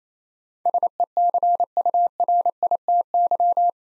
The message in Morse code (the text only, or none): SECURITY